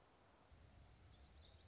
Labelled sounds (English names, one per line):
Black-throated Gray Warbler